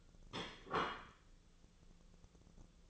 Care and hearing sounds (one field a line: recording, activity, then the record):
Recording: daily activity, microphone in the room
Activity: place plate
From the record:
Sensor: 4